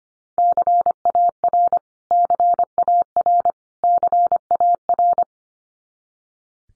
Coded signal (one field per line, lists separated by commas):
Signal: Morse code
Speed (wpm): 25 wpm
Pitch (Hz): 700 Hz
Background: none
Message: CAR CAR CAR